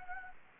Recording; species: mosquito wingbeat signal from an infrared sensor; Anopheles gambiae